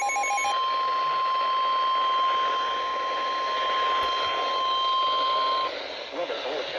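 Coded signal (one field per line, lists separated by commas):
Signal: Emergency Alert System (SAME) tones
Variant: 1050 Hz attention tone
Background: speech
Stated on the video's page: Severe thunderstorm warning from a weather radio transmitter.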